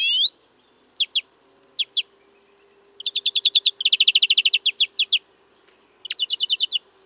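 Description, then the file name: European greenfinch giving bursts of rapid chirps in short and longer series, one fast run longer than the rest, over a faint steady hum. "Chloris chloris"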